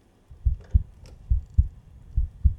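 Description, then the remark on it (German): A heartbeat heard through a stethoscope: low, muffled thuds in paired beats, lub-dub, repeating steadily three times over a faint rumble, with no talking. “Ja, ich höre dein Herz klopfen”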